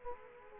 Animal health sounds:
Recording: mosquito wingbeat signal from an infrared sensor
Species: Culex quinquefasciatus

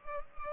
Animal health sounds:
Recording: mosquito wingbeat signal from an infrared sensor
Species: Culex pipiens

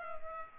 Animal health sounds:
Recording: mosquito wingbeat signal from an infrared sensor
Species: Culex pipiens

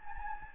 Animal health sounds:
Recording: mosquito wingbeat signal from an infrared sensor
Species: Anopheles gambiae

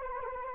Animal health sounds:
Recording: mosquito wingbeat signal from an infrared sensor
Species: Anopheles gambiae

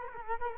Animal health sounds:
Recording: mosquito wingbeat signal from an infrared sensor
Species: Culex quinquefasciatus

